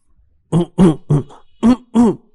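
Five harsh, throaty coughs burst out in a quick, uneven run, loud and raspy with a rough throat-clearing edge, and no talking around them.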